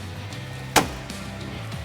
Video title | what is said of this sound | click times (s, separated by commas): Truckin Week to Wicked – Silverado Z71 Full Episode | That was a snap. That was a snap. | 0.8 s